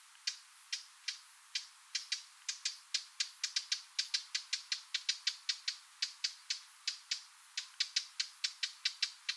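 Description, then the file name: Eurasian blackcap producing a continuous series of dry, ticking tack calls, irregularly spaced throughout. "Sylvia atricapilla"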